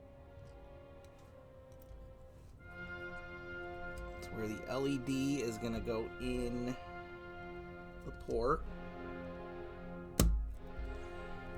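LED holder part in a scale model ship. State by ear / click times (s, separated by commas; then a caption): seated / 10.2 s. Over background music, someone talks while a model kit part that holds an LED is pushed into the port position on a scale model of the Titanic. A single sharp snap is heard at 10.2 s as the part seats into place.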